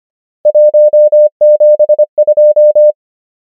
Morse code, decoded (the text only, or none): 1 7 2